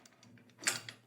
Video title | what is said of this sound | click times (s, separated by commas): etrailer - Review of the Blue Ox SwayPro Weight Distribution w/ Sway Control for 2" Hitch | and it will lock into place so you have a nice secure connection | 0.7 s